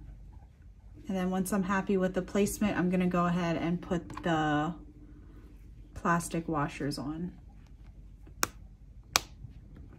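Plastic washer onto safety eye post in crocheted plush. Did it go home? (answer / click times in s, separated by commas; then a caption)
yes / 8.4 s, 9.2 s. Someone talks, then plastic backing washers are pushed onto the posts of plastic safety eyes set in a crocheted amigurumi snowman body. Two sharp clicks sound at 8.4 s and 9.2 s, and the washers are on.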